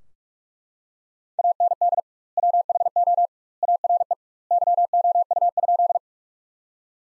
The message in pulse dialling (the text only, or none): none